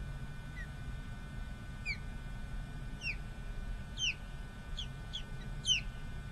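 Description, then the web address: Bird giving several short, high downslurred chirps at irregular intervals, over a steady low rumble and a faint constant tone. Bexar County, Texas; morning of 12 February 2006; many birds. "bexar Many Birds 20060212 AM"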